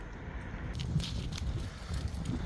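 A plastic rear light lens and housing from a 2022-2025 Toyota Corolla Cross is handled with both hands at its opening in the car body, ready to be pushed in. Faint handling noise carries a few small, sharp plastic ticks and rustles around 0.8, 1.0 and 1.4 seconds. The housing has not snapped in or seated yet when the clip ends.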